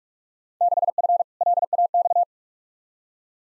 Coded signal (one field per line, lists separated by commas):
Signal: Morse code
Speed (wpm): 46 wpm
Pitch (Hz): 700 Hz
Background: none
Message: 6F LAX